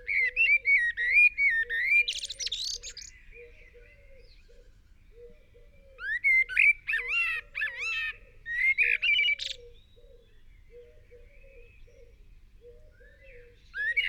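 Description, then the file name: Eurasian blackbird warbling in several separate fluty phrases with squeaky high flourishes, while soft low notes repeat steadily underneath. "Turdus merula"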